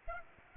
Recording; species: mosquito wingbeat signal from an infrared sensor; Aedes aegypti